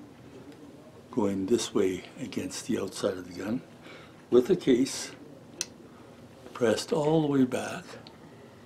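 A rifle cartridge is handled at a top-loading internal rifle magazine, slid all the way back against the rear of the magazine with the case pressed back, ready to be pressed down under the feed lips. Someone talks throughout, with a brief sharp tick at about 5.6 s between phrases. Nothing has seated or clicked yet; the clip ends just before the cartridge goes home.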